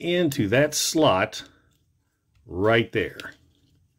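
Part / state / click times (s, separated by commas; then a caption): action figure tab into slot / not seated / none. Someone talks while a plastic tab on a Studio Series 86 Perceptor action figure is brought up toward a slot during transformation. Only faint, quiet ticks sit in the pause between the words. The clip ends just before the tab goes home, so nothing has seated or clicked yet.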